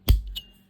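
A small metal e-clip (retaining clip) is pushed back onto a shaft in a 1977–1981 Zebco 404 spincast fishing reel during reassembly. A sharp metallic snap at 0.1 s is followed by a faint tick near 0.3 s and a brief bright ring that fades. The e-clip is seated on the shaft.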